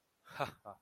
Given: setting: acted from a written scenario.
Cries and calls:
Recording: vocal sound without words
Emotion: contempt

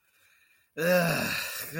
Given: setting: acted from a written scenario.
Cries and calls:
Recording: vocal sound without words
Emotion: contempt

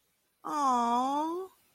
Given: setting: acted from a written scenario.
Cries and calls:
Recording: vocal sound without words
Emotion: adoration

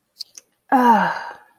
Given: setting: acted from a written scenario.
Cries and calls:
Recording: vocal sound without words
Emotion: contentment

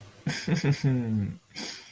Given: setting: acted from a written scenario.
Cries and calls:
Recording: vocal sound without words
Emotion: romantic love

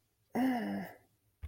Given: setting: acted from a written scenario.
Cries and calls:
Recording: vocal sound without words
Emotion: elation

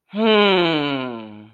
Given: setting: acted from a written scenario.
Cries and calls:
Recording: vocal sound without words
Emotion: pride

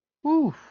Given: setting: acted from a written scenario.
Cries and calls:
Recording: vocal sound without words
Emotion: relief

